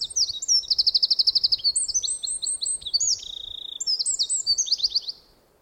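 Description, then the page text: Eurasian wren song bursting in with a fast trill, then a stream of shrill warbled phrases and repeated rattles lasting about five seconds before stopping abruptly. "Звук Крапивника, Подкоренника (Troglodytes troglodytes). Sound Pack"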